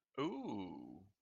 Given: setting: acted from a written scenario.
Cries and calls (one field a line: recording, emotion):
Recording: vocal sound without words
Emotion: positive surprise